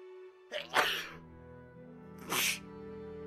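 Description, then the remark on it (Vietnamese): A man who is ill gives two sharp, explosive sneezes about a second and a half apart at a river ferry landing in the afternoon, each with a quick breathy intake before the burst, over a steady low background hum. “Thầy bị ốm mà, tự dưng hắt xì nhiều thế.”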